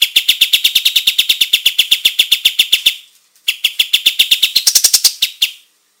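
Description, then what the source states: Olive-winged bulbul song: rapid runs of sharp, high chirps, about four per second, broken by a short pause and ending in a brighter, higher flourish. Described as gacor, singing loudly and continuously.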